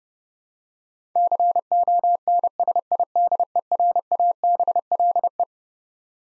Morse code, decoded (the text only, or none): CONSIDERABLE